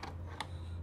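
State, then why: Not seated. Plastic ignition wiring connectors are handled while the ignition switch assembly is fitted into the upper triple tree of a Honda CBR1000RR motorcycle being rebuilt after a wreck. Two brief, light ticks come near the start and at about 0.4 s over a steady low hum. Nothing has seated or clicked yet.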